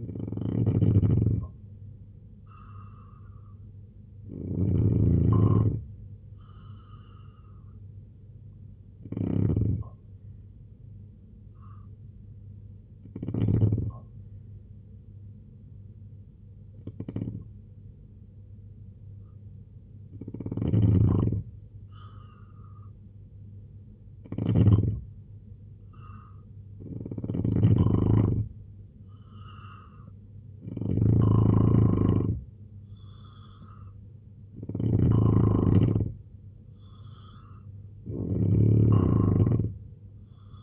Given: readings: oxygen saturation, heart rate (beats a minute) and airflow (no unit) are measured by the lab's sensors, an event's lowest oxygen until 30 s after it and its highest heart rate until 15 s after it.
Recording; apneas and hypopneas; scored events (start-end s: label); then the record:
breathing in sleep by a smartphone at the bedside; 1
12.00-26.60 s: hypopnea (N2, oxygen 92% highest, then 87% lowest, heart rate 71 at the start, 76 highest)
From the record:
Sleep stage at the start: N2 (light sleep); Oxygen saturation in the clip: 88 to 92%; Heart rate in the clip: 68 to 76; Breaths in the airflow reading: 10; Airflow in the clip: -3.6 to 5.4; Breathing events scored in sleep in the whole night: 258 in 7.4 hours asleep